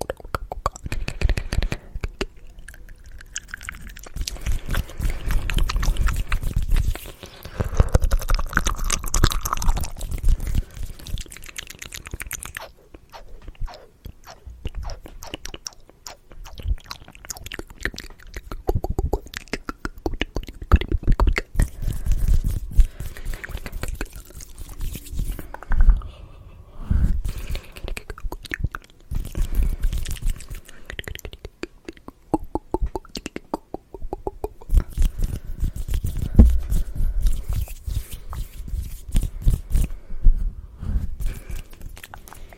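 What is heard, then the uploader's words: Fast mouth sounds, wet smacks and dry clicks, pile up densely and unevenly, with brief quiet gaps and a low rumble throughout. Fast & Aggressive Wet and Dry Mouth Sounds & Hand Sounds.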